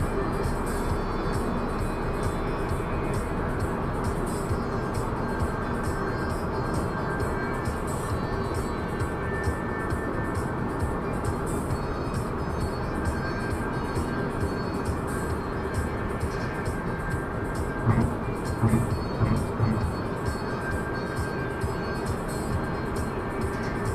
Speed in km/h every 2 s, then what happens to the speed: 114, 113, 111, 110, 108, 108, 106, 104, 101, 101, 101, 101.
0-16 slows to 101. 16-24 steady at about 101.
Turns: none.